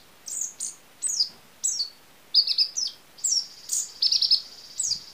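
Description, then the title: Small bird giving high, slurred chirps in short repeated bursts, joined by a steady buzzy tone toward the end. "Burung Kecil"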